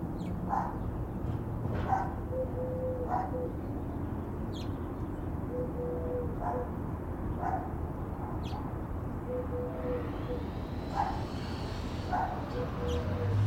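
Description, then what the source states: Dog giving several short barks at irregular intervals over a constant low background rumble. Ambient scene with birds and dogs together.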